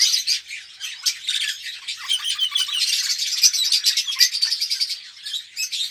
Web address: pevcii-popugai parrots psephotus-haematonotus